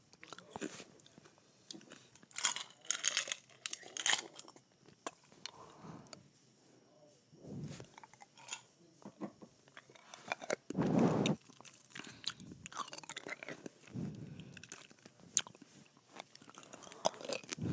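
Crisp crunches of biting ice come in irregular bursts, with brief wet sucking sounds between and a louder crunch near eleven seconds.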